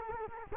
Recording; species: mosquito wingbeat signal from an infrared sensor; Culex quinquefasciatus